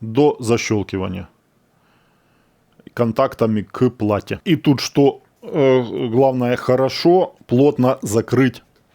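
Someone talks while handling the soft rubber sealing plug over a camera's memory card slot, with a quiet pause around 1.3–2.9 s broken only by a few faint ticks near 2.7–2.9 s. The plug has not seated or snapped shut yet when the clip ends.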